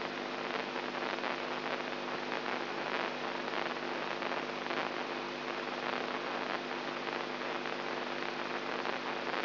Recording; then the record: brain microelectrode recording played as sound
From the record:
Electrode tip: inside the subthalamic nucleus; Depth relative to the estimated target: 0 mm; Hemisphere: right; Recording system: AlphaMap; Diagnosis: Parkinson's disease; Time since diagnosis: 13 years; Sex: female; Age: 63 years